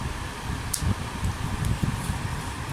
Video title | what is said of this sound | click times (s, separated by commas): FDSStick (Review) - The Video Game Chronicles | and it should snap into place. | 0.7 s